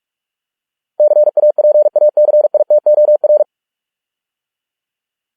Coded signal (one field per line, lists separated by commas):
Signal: Morse code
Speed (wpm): 46 wpm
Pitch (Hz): 600 Hz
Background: none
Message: CAPACITOR